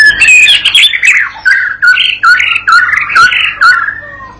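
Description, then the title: White-rumped shama song of loud, clear downslurred whistles given roughly every half second, mixed with harsh scratchy notes and sharp clicks. Provoking training song used to teach a young shama to sing persistently; said to make the bird answer straight away. "MURAI BATU PAUD BELAJAR GACOR, AJARI DENGAN MASTERAN PANCINGAN INI, PANCING LANGSUNG NYAUT"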